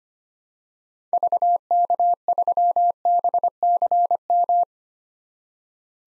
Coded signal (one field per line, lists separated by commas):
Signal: Morse code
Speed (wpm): 25 wpm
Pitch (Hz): 700 Hz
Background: none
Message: VK3BCM